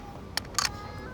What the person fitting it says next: Push it in, clicks into place on its own.